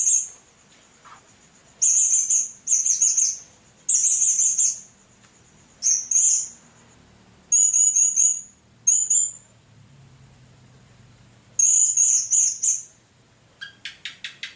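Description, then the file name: Blue-crowned hanging parrot giving repeated shrill, buzzy high call bursts at irregular intervals, ending with a quick run of faint clicks. "serindit"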